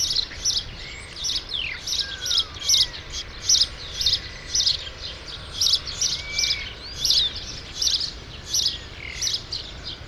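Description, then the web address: True sparrows giving bright chirps in steady bursts roughly every half second, with a few thin whistled slurs. "True sparrows. صدای-پرنده-راستین"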